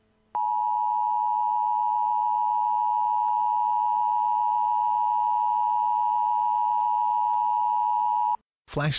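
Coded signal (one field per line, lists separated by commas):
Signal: Emergency Alert System (SAME) tones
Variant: 853 and 960 Hz attention tone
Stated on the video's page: Recreation of a Flash Flood Warning for Orange and Riverside counties.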